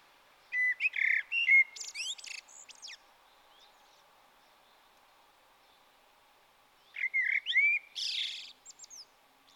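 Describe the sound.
Common blackbird, two song phrases about six seconds apart, each mixing rich fluted notes with a high, chattering twitter.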